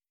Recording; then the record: hydrophone in a shrimp aquaculture tank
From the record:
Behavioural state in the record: feeding